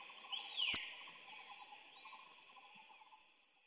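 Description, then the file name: Grey-chinned minivet giving two brief high whistled phrases, each a pair of looping notes, separated by a couple of seconds of near silence. "灰喉山椒鳥"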